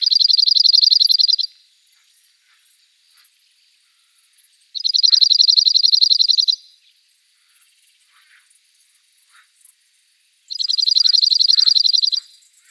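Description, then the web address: Cirl bunting repeating a fast, even, high-pitched buzzy rattle three times, each lasting over a second with pauses of three to four seconds between. "emberiza cirlus call"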